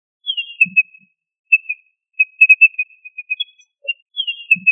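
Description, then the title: Quail giving clear whistled notes, some sliding down then held, in a few short phrases, with a few soft low thumps. Labelled under the family Tinamidae. "Familia Tinamidae - Quail - Puyuh"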